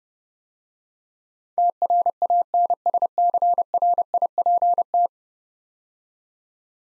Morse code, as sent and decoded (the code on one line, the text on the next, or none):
- .-. .- -. ... -.-. .-. .. .--. -
TRANSCRIPT